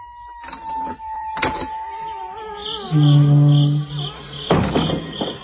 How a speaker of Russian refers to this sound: Ну, Эмиль, можешь выходить. И папа широко распахнул двери сарая.